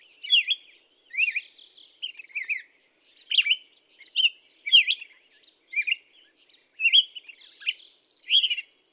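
Black-headed Grosbeak song: sweet whistled phrases swinging up and down, delivered in a series with brief gaps between them.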